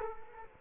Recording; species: mosquito wingbeat signal from an infrared sensor; Culex quinquefasciatus